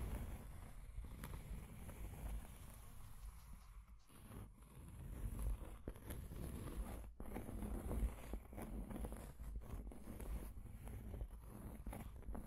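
Scratching and tracing sounds run throughout as a dense, rough rustle, heaviest in the low range with a steady rumble beneath. Sharper scrapes and ticks cut in irregularly, especially after the fourth second, and the level swells slightly in the second half.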